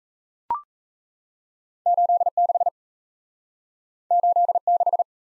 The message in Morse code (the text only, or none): 86 86